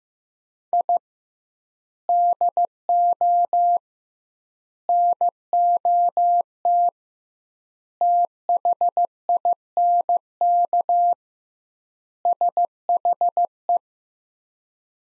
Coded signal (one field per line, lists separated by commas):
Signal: Morse code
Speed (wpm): 15 wpm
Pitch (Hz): 700 Hz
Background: none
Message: I DO NOT THINK SHE